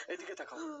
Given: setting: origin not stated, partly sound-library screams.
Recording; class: one-second piece from a danger detection set; woman in danger